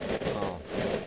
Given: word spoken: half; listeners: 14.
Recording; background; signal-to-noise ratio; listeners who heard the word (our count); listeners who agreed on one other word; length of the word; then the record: one English word in noise, from a listening test; noise modulated by three-talker babble; -6.9 dB; 1 of 14; 9 of 14; 0.67 s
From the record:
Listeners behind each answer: 9, 2, 1, 1, 1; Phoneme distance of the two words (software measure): 20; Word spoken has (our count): 1 syllable, 3 phonemes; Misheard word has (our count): 1 syllable, 3 phonemes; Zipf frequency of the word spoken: 5.55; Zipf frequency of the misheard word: 4.48